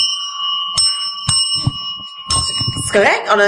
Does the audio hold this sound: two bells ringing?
yes